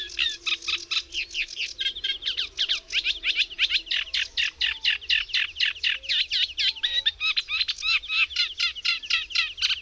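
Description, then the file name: Eurasian reed warbler singing a long, rhythmic chatter of grating, scratchy notes, some repeated, unbroken for about ten seconds. "Trzcinniczek"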